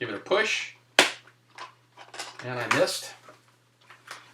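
A plastic snap on the fabric comfort pad of an LS2 FF386 helmet is lined up with its hole in the helmet shell liner and pushed in. Between bits of talk, one sharp, loud snap is heard at 1.0 s as the pad seats.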